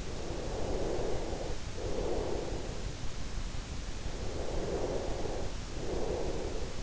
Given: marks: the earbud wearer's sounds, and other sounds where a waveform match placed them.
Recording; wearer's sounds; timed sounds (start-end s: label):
sounds in sleep by an in-ear microphone; breath
0.17-2.78 s: breath
4.11-6.83 s: breath